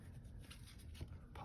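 The magnetic lid of a hexagon-shaped card deck box is popped open by hand, giving a short, sharp pop at about 1.4 s over quiet indoor background rustle. The lid releases and the box comes open.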